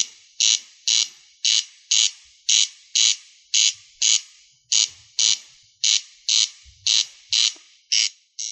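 Rail calling: many rough, scraping bursts repeated at a steady, quick pace.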